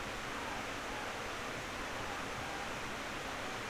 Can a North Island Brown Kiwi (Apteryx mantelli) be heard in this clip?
no